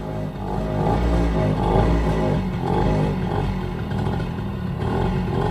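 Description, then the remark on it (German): A motorcycle engine rumbles steadily with a deep, throaty drone, swelling slightly in loudness as it rides past, with no voices over it. “Jetzt das Motorrad.”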